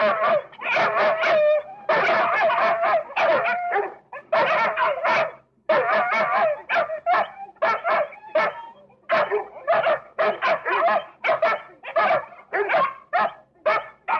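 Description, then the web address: Dog: continuous agitated barking from several dogs, the barks crowding into almost unbroken volleys with only a few short breaks. Several dogs barking at one another before a fight. "un groupe de chiens aboient les uns sur les autres avant le combat"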